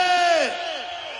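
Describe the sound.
A crowd of women and men in San Juan de Aragón lets out a loud, high-pitched cheering shout. The voices hold one note together, then slide downward and trail off over about a second.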